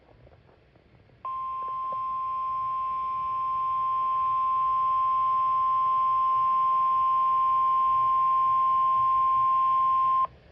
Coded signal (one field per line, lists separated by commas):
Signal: Emergency Alert System (SAME) tones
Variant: 1050 Hz attention tone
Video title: Severe Thunderstorm Warning For Some Parts Of Central Pennsylvania (EAS #13)